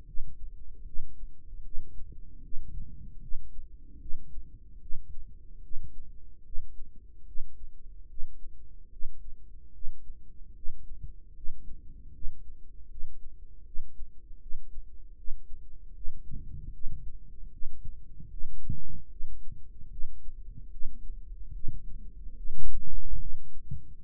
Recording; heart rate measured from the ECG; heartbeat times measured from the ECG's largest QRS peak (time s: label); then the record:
heart sounds by microphone in the right ear; 75 bpm
0.07 s: heartbeat
0.86 s: heartbeat
1.65 s: heartbeat
2.43 s: heartbeat
3.22 s: heartbeat
4.00 s: heartbeat
4.81 s: heartbeat
5.63 s: heartbeat
6.45 s: heartbeat
7.27 s: heartbeat
8.09 s: heartbeat
8.91 s: heartbeat
9.74 s: heartbeat
10.55 s: heartbeat
11.35 s: heartbeat
12.14 s: heartbeat
12.90 s: heartbeat
13.66 s: heartbeat
14.41 s: heartbeat
15.17 s: heartbeat
15.95 s: heartbeat
16.73 s: heartbeat
17.52 s: heartbeat
18.31 s: heartbeat
19.11 s: heartbeat
19.91 s: heartbeat
20.72 s: heartbeat
21.54 s: heartbeat
22.37 s: heartbeat
23.20 s: heartbeat
24.03 s: heartbeat
From the record:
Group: healthy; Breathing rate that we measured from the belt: 10 breaths a minute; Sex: male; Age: 55 years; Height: 167 cm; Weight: 57.2 kg